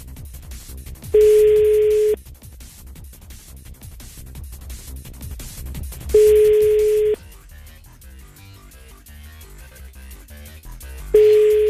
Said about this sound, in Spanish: El número que usted marcó está ocupado. Qué fuerte se escuchó eso. Oh, Dios, que está ocupado el teléfono de mi media hermana.